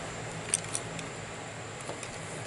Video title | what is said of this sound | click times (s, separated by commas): Why your Stihl trimmer wont run.....What to look for ....Part 2 | push it back in until it snaps | 0.5 s